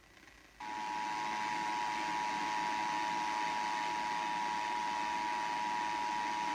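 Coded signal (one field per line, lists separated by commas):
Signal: Emergency Alert System (SAME) tones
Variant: 853 and 960 Hz attention tone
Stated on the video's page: Required Monthly Test EAS tones heard on Sacramento FM radio stations 93.1 FM and 102.5 FM.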